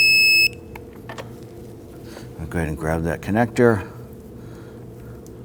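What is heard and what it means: A new coolant temperature sensor is tightened into the engine of a 2001-2009 Volvo S60 2.5L L5 with a torque wrench set to 16 ft-lb. A steady tone sounds for about the first half second, and the wrench gives a sharp click at 0.8 s, followed by another short tap near 1.1 s, before someone talks. The wrench clicks at the 16 ft-lb setting, so the sensor is torqued down.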